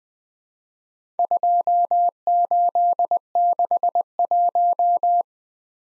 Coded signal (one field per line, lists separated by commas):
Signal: Morse code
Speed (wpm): 20 wpm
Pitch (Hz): 700 Hz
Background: none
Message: 2861